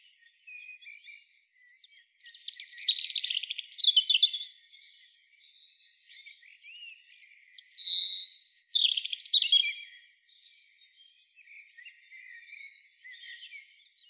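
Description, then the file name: European robin delivering two bright phrases of high, jumbled, liquid notes, with soft faint twitters before and after. "Erithacus rubecula"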